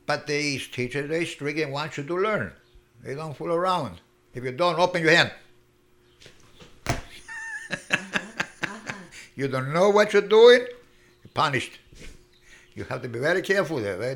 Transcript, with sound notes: But these teachers, they want you to learn. They don't fool around. If you don't, open your hand. ( he laughs ) You don't know what you doing, punished. You had to be very careful there.